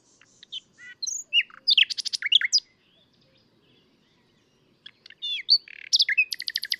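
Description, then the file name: Common nightingale song: quick series of varied whistles and fast repeated notes, a pause of about two seconds, then a buzzy phrase and rapid trill. "Luscinia megarhynchos"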